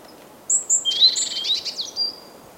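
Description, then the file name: Great tit calls: two thin high chirps, then a dense burst of sharp, overlapping notes, with faint steady background hiss. "Parus major"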